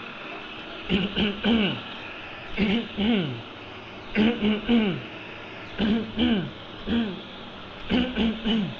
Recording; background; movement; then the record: throat clearing; traffic; sitting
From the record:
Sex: male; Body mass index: 20.6 kg/m2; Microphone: on the chest, facing the body